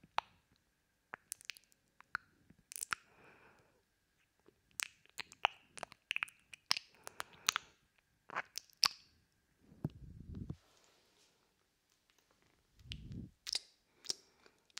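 Wet mouth sounds: quick clicks, smacks and tongue pops arrive in irregular bursts, some sharp and bright, some softer and squelching. Two longer, lower wet rumbles appear near ten and thirteen seconds, with near silence between the sounds.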